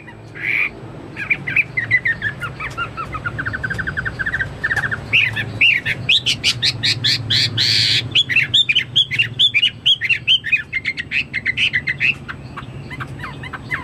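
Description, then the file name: Chinese hwamei song, a long varied run of rich whistles, quick repeated chirps and buzzy bursts, changing phrase every few seconds over a steady low hum. "omkicau hwamei"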